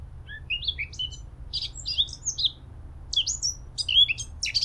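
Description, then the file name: Eurasian blackcap song, a fairly soft, uneven warble of scratchy and whistled high notes in short bursts. "Sylvia atricapilla"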